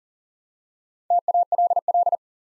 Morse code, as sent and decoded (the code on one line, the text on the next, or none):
- .- .-.. .-..
TALL